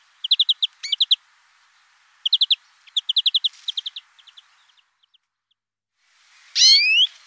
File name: Verdier-d Europe